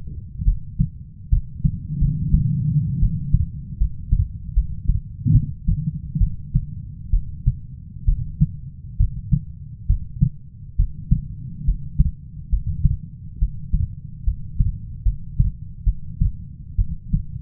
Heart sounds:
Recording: heart sounds by stethoscope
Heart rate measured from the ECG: 70 bpm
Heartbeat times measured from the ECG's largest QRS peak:
0.45 s: heartbeat
1.30 s: heartbeat
1.99 s: heartbeat
3.00 s: heartbeat
3.78 s: heartbeat
4.54 s: heartbeat
5.32 s: heartbeat
6.18 s: heartbeat
7.11 s: heartbeat
8.06 s: heartbeat
8.98 s: heartbeat
9.87 s: heartbeat
10.77 s: heartbeat
11.65 s: heartbeat
12.50 s: heartbeat
13.39 s: heartbeat
14.24 s: heartbeat
15.03 s: heartbeat
15.84 s: heartbeat
16.76 s: heartbeat
From the record:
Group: healthy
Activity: rest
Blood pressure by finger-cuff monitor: 135/70 mmHg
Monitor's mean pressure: 92 mmHg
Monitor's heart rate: 69 bpm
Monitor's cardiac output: 6.5 L/min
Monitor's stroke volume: 92 mL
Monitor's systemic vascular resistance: 1060 dyn s/cm5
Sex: female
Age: 37 years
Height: 168 cm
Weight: 70 kg

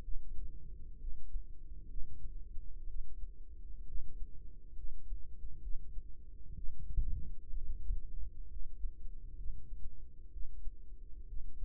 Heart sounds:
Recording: heart sounds by microphone in the right ear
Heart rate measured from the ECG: 64 bpm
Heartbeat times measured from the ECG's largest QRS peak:
0.02 s: heartbeat
0.98 s: heartbeat
1.88 s: heartbeat
2.87 s: heartbeat
3.85 s: heartbeat
4.75 s: heartbeat
5.61 s: heartbeat
6.54 s: heartbeat
7.53 s: heartbeat
8.48 s: heartbeat
9.35 s: heartbeat
10.30 s: heartbeat
11.26 s: heartbeat
From the record:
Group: healthy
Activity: rest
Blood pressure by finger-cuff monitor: 100/63 mmHg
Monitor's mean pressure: 74 mmHg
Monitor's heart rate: 64 bpm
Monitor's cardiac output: 4.9 L/min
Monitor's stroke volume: 77 mL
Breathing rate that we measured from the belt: 16 breaths a minute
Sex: female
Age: 36 years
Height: 163 cm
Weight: 88 kg

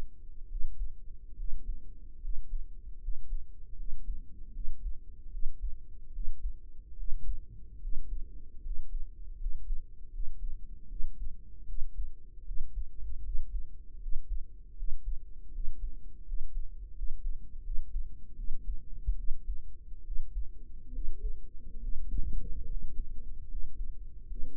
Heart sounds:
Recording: heart sounds by microphone in the right ear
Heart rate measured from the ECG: 76 bpm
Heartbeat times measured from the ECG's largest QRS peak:
0.45 s: heartbeat
1.33 s: heartbeat
2.17 s: heartbeat
2.97 s: heartbeat
3.73 s: heartbeat
4.50 s: heartbeat
5.28 s: heartbeat
6.09 s: heartbeat
6.93 s: heartbeat
7.77 s: heartbeat
8.59 s: heartbeat
9.35 s: heartbeat
10.08 s: heartbeat
10.85 s: heartbeat
11.63 s: heartbeat
12.42 s: heartbeat
13.20 s: heartbeat
13.97 s: heartbeat
14.73 s: heartbeat
15.49 s: heartbeat
16.22 s: heartbeat
16.91 s: heartbeat
17.60 s: heartbeat
18.33 s: heartbeat
19.13 s: heartbeat
20.01 s: heartbeat
20.89 s: heartbeat
21.77 s: heartbeat
22.63 s: heartbeat
23.45 s: heartbeat
24.24 s: heartbeat
From the record:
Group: healthy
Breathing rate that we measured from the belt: 8 breaths a minute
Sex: female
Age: 32 years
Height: 168 cm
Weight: 61.9 kg

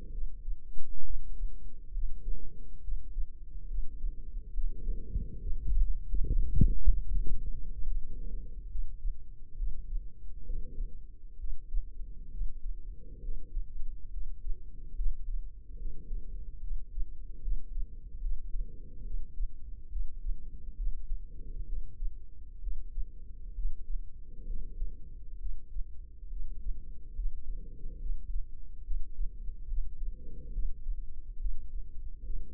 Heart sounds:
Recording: heart sounds by microphone in the left ear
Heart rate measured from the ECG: 69 bpm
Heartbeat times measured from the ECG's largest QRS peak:
0.09 s: heartbeat
1.02 s: heartbeat
1.91 s: heartbeat
2.79 s: heartbeat
3.66 s: heartbeat
4.52 s: heartbeat
5.38 s: heartbeat
6.24 s: heartbeat
7.07 s: heartbeat
7.85 s: heartbeat
8.67 s: heartbeat
9.55 s: heartbeat
10.44 s: heartbeat
11.36 s: heartbeat
12.29 s: heartbeat
13.20 s: heartbeat
14.09 s: heartbeat
14.94 s: heartbeat
15.76 s: heartbeat
16.59 s: heartbeat
17.39 s: heartbeat
18.19 s: heartbeat
19.02 s: heartbeat
19.88 s: heartbeat
20.75 s: heartbeat
21.64 s: heartbeat
22.59 s: heartbeat
23.53 s: heartbeat
24.45 s: heartbeat
25.37 s: heartbeat
26.28 s: heartbeat
27.13 s: heartbeat
27.97 s: heartbeat
28.82 s: heartbeat
29.66 s: heartbeat
30.50 s: heartbeat
31.37 s: heartbeat
32.21 s: heartbeat
From the record:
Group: healthy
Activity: rest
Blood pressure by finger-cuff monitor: 97/72 mmHg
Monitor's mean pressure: 81 mmHg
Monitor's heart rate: 68 bpm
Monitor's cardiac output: 4.8 L/min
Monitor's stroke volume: 71 mL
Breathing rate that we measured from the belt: 22 breaths a minute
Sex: female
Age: 32 years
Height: 172 cm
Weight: 71.7 kg

